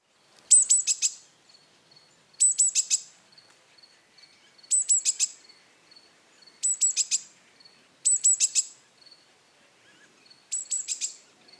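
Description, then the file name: Great tit calling in quick clusters of several sharp, high ticking notes, six bursts in all, with soft even piping notes in the gaps. "Parus major"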